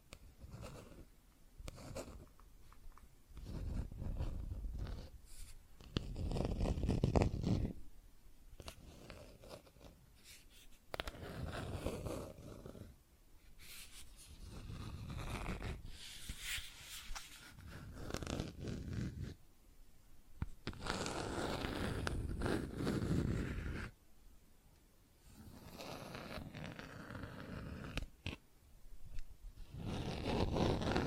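Plastic objects are handled, tapped and scratched in irregular bursts, with rough scraping and zipper-like rasps that come and go every few seconds. Louder stretches around 6–8, 15–18 and 21–24 seconds alternate with brief quiet gaps and sharp taps.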